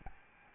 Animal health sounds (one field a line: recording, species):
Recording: mosquito wingbeat signal from an infrared sensor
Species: Aedes albopictus